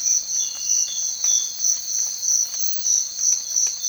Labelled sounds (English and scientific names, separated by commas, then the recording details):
none
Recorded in secondary vegetation near Puerto Asís, Putumayo, Colombia, on 30 June 2025 at 05:30
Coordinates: 0.499, -76.323
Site G077